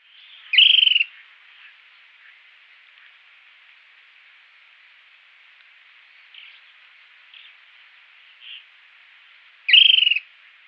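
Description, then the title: Short-crested flycatcher giving two short, loud, high whistled calls about nine seconds apart, with a few faint softer notes in between against a quiet background. "LuckyPassaro Completos2Sama. Short-crested Flycatcher (Myiarchus ferox)"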